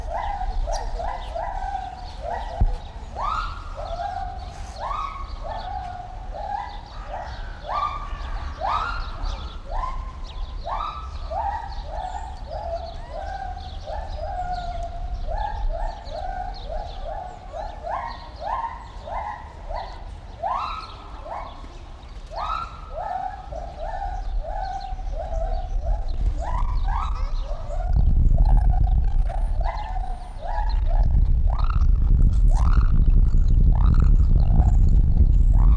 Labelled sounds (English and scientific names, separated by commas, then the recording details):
Lar Gibbon (Hylobates lar)
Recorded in captivity
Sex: female
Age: adult
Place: Zoo Berlin, Berlin, DE
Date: 1994-04-02 10:02
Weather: wolkig bis heiter, 8-10°C
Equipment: Marantz CP 430, Sennheiser ME 80, Kopie Uher Variocord 263
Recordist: Tembrock, Günter